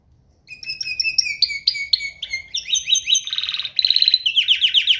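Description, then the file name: Canary song: a fast run of bright whistled and trilled phrases, syllables repeated in quick series, shifting from clear downslurred notes to buzzy rolling trills. "Gomez Juan biofonia canto canario"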